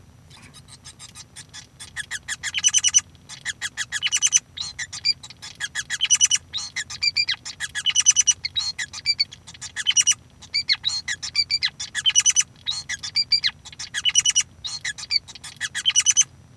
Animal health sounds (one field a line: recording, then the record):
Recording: song of a male Bengalese finch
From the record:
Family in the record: son of father 5